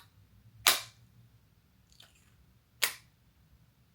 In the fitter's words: Second click.